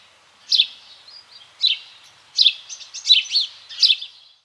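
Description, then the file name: House sparrow chirping, short bright notes in irregular bursts, several clustered together near the end, over faint steady background hiss. "Passer domesticus"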